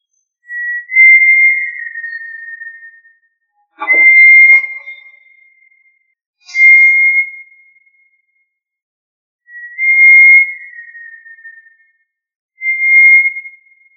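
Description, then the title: Tinamou calling in a series of five steady, clear whistled notes, some slightly falling, about every three seconds, with a brief noise near the second note. "Familia Tinamidae - Quail - Puyuh"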